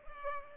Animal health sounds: mosquito wingbeat signal from an infrared sensor; Culex pipiens

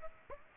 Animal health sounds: mosquito wingbeat signal from an infrared sensor; Aedes aegypti

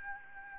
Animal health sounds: mosquito wingbeat signal from an infrared sensor; Aedes albopictus

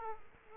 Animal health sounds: mosquito wingbeat signal from an infrared sensor; Culex quinquefasciatus

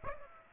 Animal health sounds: mosquito wingbeat signal from an infrared sensor; Aedes aegypti

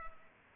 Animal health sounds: mosquito wingbeat signal from an infrared sensor; Culex pipiens

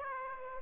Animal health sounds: mosquito wingbeat signal from an infrared sensor; Aedes aegypti

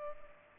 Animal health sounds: mosquito wingbeat signal from an infrared sensor; Culex pipiens

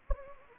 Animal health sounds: mosquito wingbeat signal from an infrared sensor; Anopheles gambiae

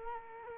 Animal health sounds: mosquito wingbeat signal from an infrared sensor; Culex quinquefasciatus

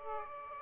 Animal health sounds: mosquito wingbeat signal from an infrared sensor; Aedes aegypti

